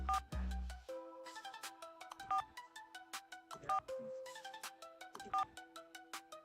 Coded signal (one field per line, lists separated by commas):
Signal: DTMF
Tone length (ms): 120 ms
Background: music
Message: 4 4 4 4